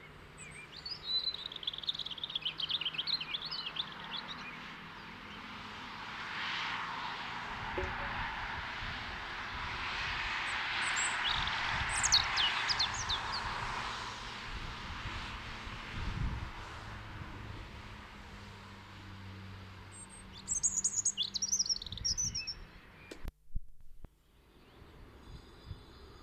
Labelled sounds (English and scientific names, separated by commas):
European Robin (Erithacus rubecula) song